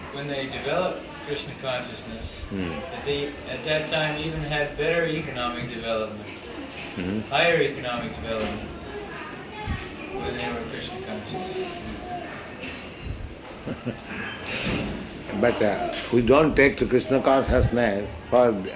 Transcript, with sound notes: when they developed Kṛṣṇa consciousness, that they, at that time even had better economic development, higher economic development, when they were Kṛṣṇa conscious?
[laughs] But we don't take to Kṛṣṇa consciousness for